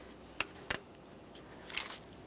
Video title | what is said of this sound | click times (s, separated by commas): How to Replace Intake Manifold 2007-2017 Jeep Patriot 2.4L L4 | Audible click. | 0.4 s